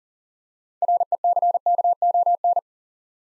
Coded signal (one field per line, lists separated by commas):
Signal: Morse code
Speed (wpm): 40 wpm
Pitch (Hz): 700 Hz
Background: none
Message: RECKON